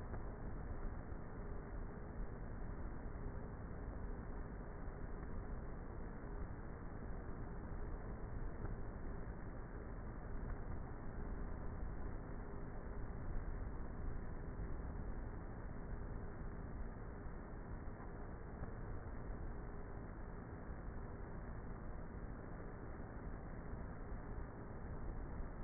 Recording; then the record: honeybee colony, microphone inside the hive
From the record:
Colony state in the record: queenless with a low population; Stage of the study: before two queens were removed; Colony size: about 30,000 bees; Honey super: no